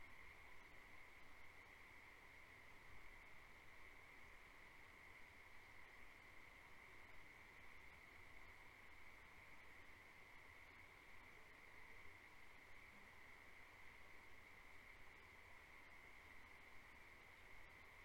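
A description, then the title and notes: A frog chorus on a farm at night sounds as one steady, unbroken trill, a bright high whine with a softer band of calls beneath it. A low, constant rumble runs underneath, and the level hardly changes from start to finish. Farm at Night. Frog chorus fills the air. Recorded March, 2021.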